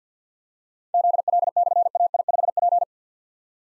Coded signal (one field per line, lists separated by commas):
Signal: Morse code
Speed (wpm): 53 wpm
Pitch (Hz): 700 Hz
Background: none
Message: ZL/AI5P